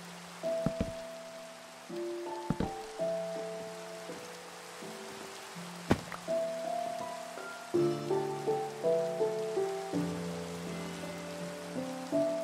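A soft, even rain hiss runs under held low and mid tones that shift to new notes every second or two. Sharp clicks and taps land near the start, around 2.5 seconds and at 6 seconds, and from about 8 seconds short plucked notes repeat at a steady pace.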